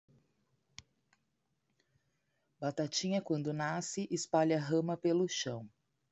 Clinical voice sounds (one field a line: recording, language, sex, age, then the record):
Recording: short text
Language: Brazilian Portuguese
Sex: female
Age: 40 to 49 years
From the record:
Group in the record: control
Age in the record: 45 years